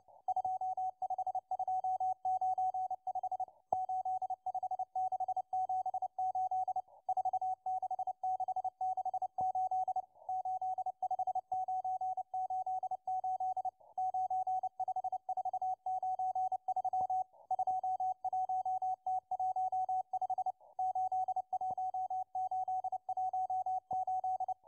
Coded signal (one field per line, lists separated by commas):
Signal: Morse code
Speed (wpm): 29 wpm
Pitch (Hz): 750 Hz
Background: radio noise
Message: 25295 85678 46668 85988 95493 21T15 81818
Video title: 11139kHz CW Russian Morse Number Station M12 (08.04.2024)